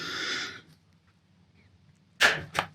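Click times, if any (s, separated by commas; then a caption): 2.6 s. During a Cogent DDC install and fork seal replacement on a DR650 motorcycle, a metal fork component is worked and pulled apart until it separates from the fork tube. A broad hiss fades out by about 0.6 s, followed by near silence and then two sharp broadband hits. The part clicks free at 2.6 s and is released.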